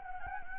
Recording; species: mosquito wingbeat signal from an infrared sensor; Anopheles gambiae